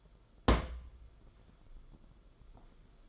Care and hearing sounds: daily activity, microphone in the room; place on stove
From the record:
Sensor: 5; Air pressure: 994.6 hPa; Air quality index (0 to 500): 190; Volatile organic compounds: 1000 ppm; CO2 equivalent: 5577 ppm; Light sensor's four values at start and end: 44/132/52/57 and 44/133/53/57

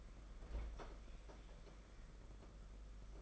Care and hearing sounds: daily activity, microphone in the room; open fridge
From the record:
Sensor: 5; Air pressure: 992.0 hPa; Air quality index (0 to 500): 200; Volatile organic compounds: 1000 ppm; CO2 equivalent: 5762 ppm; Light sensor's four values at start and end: 29/101/37/39 and 30/101/37/40

